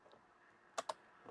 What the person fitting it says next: you hear it? Click, click. And it clicked in.